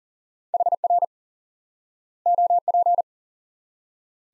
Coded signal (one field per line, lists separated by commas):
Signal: Morse code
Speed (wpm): 37 wpm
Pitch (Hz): 700 Hz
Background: none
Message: HR OP